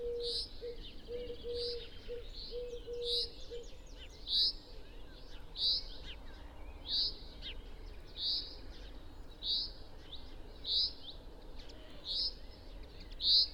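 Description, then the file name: Common chaffinch calls: a short, sharp note repeated many times at a steady pace, with a brief low cooing early on and steady background hiss. "Fringilla coelebs"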